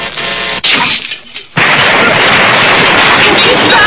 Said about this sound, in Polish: Wydarzyło się coś nieoczekiwanego, coś strasznego. Nagle pojazd bez żadnej przyczyny wybuchł. Zostały tylko szczątki.